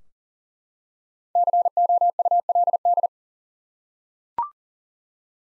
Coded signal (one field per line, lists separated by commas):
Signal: Morse code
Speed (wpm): 40 wpm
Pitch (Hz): 700 Hz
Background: none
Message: COULD